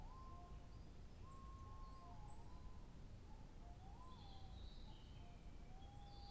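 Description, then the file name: Bird calls: clear, drawn-out whistles that rise and fall, several in a row, with faint high chirps toward the end. 2 July 2023. "birdsong 20230702"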